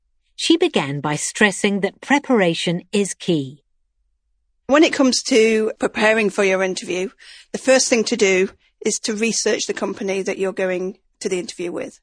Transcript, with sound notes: She began by stressing that preparation is key. (English accent) When it comes to preparing for your interview, the first thing to do is to research the company that you’re going to the interview with.